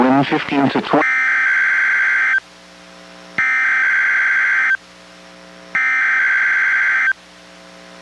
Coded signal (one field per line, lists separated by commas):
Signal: Emergency Alert System (SAME) tones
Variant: header bursts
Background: speech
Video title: EAS #751: NWR Required Weekly Test- Mar. 8, 2023- 11:01AM PST